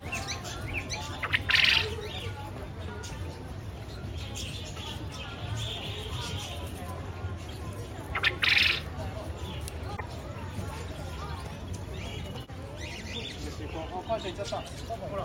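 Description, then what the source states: Japanese quail giving two short, harsh, chirping bursts about seven seconds apart, amid quiet rustling background noise. Recorded on 12 March 2023.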